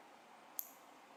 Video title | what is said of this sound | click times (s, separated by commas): LCI Y Cable Build Walkthrough (Long) | you'll hear it click it's | 0.6 s